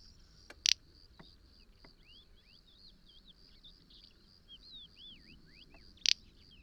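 Little bustard making two sharp, dry snorts at the start and near the end, with curling twittering bird calls and a high insect drone between.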